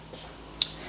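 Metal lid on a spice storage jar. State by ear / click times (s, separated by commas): seated / 0.6 s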